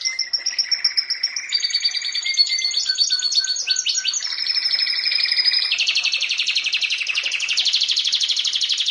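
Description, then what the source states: Domestic canary song: a continuous run of rolling trills and chopped high notes, changing pitch every second or so, ending in a buzzy fast roll. Champion singing canary.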